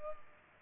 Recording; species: mosquito wingbeat signal from an infrared sensor; Culex pipiens